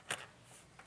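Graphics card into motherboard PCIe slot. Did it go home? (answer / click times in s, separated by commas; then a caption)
no / none. A graphics card is lined up with the notch of a motherboard PCIe slot and handled before being pressed in. A sharp, bright broadband tap is heard near 0.1 s, followed by a fainter tick near 0.8 s against a quiet background. Nothing has seated or clicked into the slot yet.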